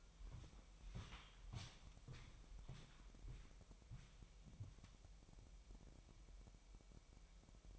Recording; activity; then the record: daily activity, microphone in the room; walk to room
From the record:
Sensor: 1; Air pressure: 1002.0 hPa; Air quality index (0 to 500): 248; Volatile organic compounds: 52 ppm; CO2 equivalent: 3327 ppm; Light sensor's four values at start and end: 7/16/6/7 and 7/17/7/7